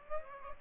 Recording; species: mosquito wingbeat signal from an infrared sensor; Aedes aegypti